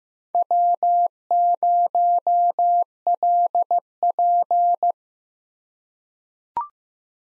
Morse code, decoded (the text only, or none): W0LP